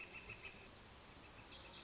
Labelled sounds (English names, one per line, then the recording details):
Northern Flicker
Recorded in Sonoma County, California